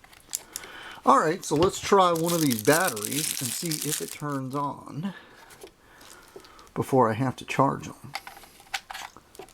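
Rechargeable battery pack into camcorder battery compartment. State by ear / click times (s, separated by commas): seated / 8.8 s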